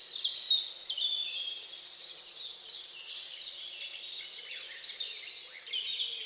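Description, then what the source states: Bird song chorus of bright, high, quickly falling notes tumbling over one another, with a soft low hum beneath. Birds singing at dawn.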